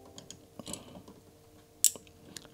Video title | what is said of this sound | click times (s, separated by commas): Building and testing the Commodore Keyboard tester | Yeah, it clicked. | 1.8 s